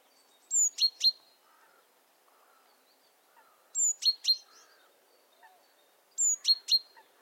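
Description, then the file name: Great tit calling: a thin high note followed by two sharp downward ticks, the short phrase repeated about every three seconds. "Parus major"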